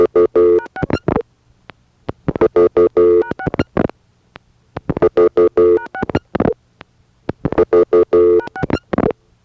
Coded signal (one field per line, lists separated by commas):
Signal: DTMF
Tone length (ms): 80 ms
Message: #6 #6 #6 #6